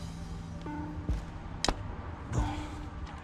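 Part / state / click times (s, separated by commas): injector connector into engine cylinder head / seated / 1.6 s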